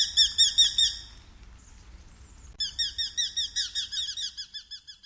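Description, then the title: Eurasian hobby calling: two quick runs of sharp, repeated kew notes separated by a short quiet pause. "Viikon luontoääni: Nuolihaukka"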